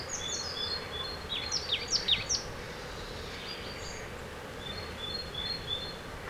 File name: Poecile palustris